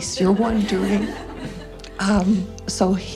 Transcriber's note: laughter